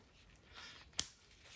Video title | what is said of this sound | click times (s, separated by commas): Lathe Multifix Tool Post Breakdown and Reassembly - Right On #9 | like this little top collar piece and this spring snaps right into this groove and then | 1.0 s